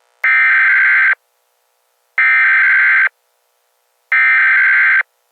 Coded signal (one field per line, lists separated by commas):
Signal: Emergency Alert System (SAME) tones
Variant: header bursts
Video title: EAS SCENARIO 1- Armageddon is Here